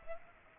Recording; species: mosquito wingbeat signal from an infrared sensor; Aedes aegypti